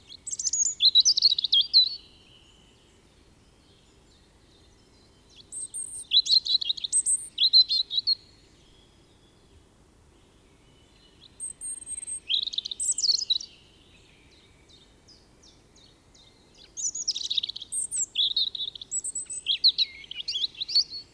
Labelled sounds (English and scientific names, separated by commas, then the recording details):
European Robin (Erithacus rubecula) song
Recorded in the wild
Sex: male
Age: adult
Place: Kaiserslautern, Rheinland-Pfalz, DE
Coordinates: 49.4372, 7.80972
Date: 1978-03-28
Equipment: Nagra IV, Sennheiser MKH 405, Parabolreflektor
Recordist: Tretzel, Erwin